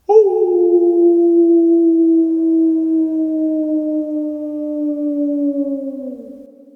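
Dog howling: one long, steady, tonal howl held for about six seconds, slowly sinking in pitch and fading at the end, with no other sounds.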